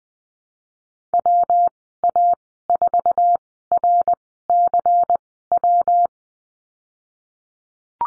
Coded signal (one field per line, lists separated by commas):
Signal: Morse code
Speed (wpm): 20 wpm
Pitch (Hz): 700 Hz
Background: none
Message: WA4RCW